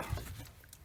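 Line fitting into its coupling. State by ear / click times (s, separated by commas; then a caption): not seated / none. A line fitting with an oiled O-ring is handled as it is pushed toward its coupling, giving a short burst of low rumbling contact noise and faint scuffs that fade over under a second. Nothing has seated or clicked yet.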